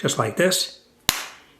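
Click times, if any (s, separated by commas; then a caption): 1.1 s. Someone talks, then the two plastic halves of a Honda key fob case, closed up after a battery change, are squeezed together. A single sharp snap at 1.1 s marks the case seating shut, and it fades quickly.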